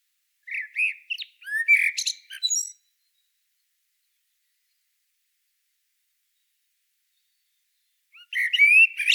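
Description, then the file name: Common blackbird: a whistled warble with squeaky flourishes, a pause of about five seconds, then a new phrase of high twisting notes. "Turdus merula"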